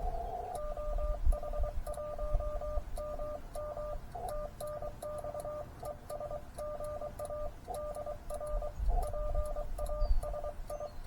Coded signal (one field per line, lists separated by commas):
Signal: Morse code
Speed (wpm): 22 wpm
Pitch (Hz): 1200 Hz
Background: radio noise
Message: OH1MM TNX ES GA DR PASI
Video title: POTA & CWT at Lake Colorado City: Overnight Adventure